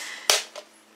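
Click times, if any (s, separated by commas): 0.3 s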